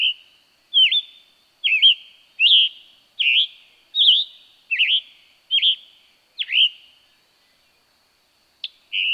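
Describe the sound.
Scarlet tanager giving about nine hoarse, burry phrases in a rapid series, then a silent pause before the song starts again.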